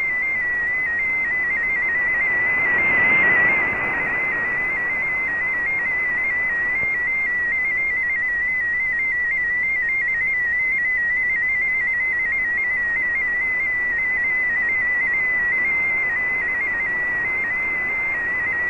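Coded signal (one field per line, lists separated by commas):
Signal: multi-tone FSK (Olivia or MFSK type)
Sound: steady warbling tone near 2 kHz stepping rapidly between close pitches, over hiss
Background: radio static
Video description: Here is my decode of the Shortwave Radiogram broadcast today on 15770Khz shortwave radio at 1300UTC in MFSK16, 32 and 64 and with 8 SSTV images.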